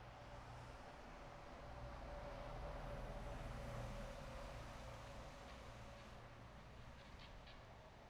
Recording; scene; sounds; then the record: everyday scene through a hearing-aid microphone; in traffic; traffic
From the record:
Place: bus stop on a city main road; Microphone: behind the ear, right, front